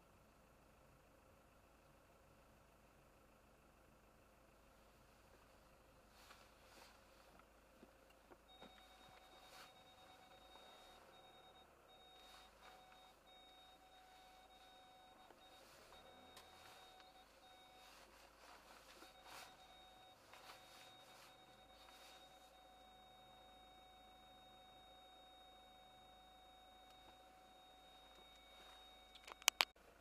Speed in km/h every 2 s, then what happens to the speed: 15, 14, 10, 0, 0, 0, 0, 0, 0, 0, 0, 0, 0, 0, 0.
0-6 slows to 0. 6-30 standing.